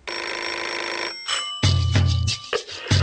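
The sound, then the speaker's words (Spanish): An alarm clock rings with a steady, bright metallic trill for about a second, then cuts off, followed by a few louder, lower-pitched bursts of sound. “Es más, ya arrancamos con el despertador.”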